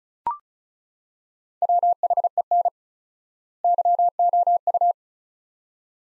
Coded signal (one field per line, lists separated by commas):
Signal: Morse code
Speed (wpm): 36 wpm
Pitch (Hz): 700 Hz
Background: none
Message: WHEN YOU